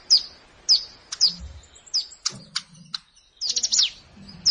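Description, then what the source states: Plain prinia song: high, sharply slurred notes repeated about every half second, then a quick cluster of chirps near the end, with faint low thumps. Recorded in a rice field (sawah).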